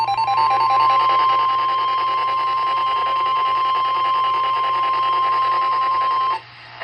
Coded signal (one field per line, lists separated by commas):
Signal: Emergency Alert System (SAME) tones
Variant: 1050 Hz attention tone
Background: music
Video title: Western Texas Severe Weather Alerts 5/30 & 5/31/21 (EAS #726-742)